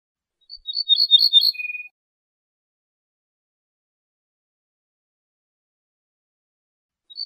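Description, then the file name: Ortolan bunting song: a quick run of ringing, repeated high notes followed by a single lower, drawn-out note, then silence with a faint start of another phrase at the end. "suara kicauan ortolan"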